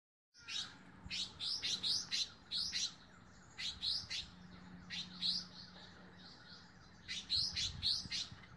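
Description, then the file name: Baglafecht weaver giving sharp, high chirps in irregular bursts, several notes per second, over a steady low hum and background rustle. "Ploceus baglafecht - Baglafecht Weaver"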